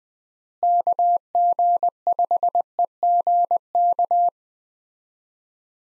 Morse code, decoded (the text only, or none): KG5EGK